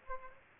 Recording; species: mosquito wingbeat signal from an infrared sensor; Aedes aegypti